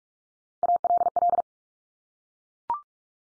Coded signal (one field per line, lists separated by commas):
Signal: Morse code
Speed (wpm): 44 wpm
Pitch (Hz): 700 Hz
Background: none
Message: ALL